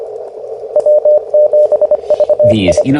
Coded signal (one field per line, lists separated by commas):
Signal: Morse code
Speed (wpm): 25 wpm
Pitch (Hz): 600 Hz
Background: speech, radio noise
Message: W7VI